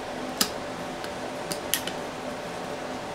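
The loudspeaker assembly with its plastic cover is pressed back into the midframe of a Samsung Galaxy S8 Active smartphone. Sharp plastic snaps are heard at 0.4 s and 1.7 s, with a few fainter ticks in between and after, over a steady low background hum. The cover clicks in and is seated.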